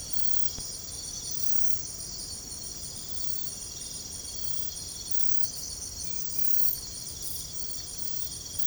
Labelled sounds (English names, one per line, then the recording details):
none
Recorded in secondary vegetation near Puerto Asís, Putumayo, Colombia, on 22 December 2024 at 02:30
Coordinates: 0.468, -76.324
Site G095